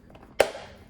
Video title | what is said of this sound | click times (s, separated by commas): Chefman Hot Water Boiler Fix | Okay, you heard that snap? | 0.4 s